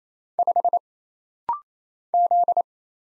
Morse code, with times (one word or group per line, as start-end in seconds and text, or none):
0.4-0.8 5
2.1-2.6 Z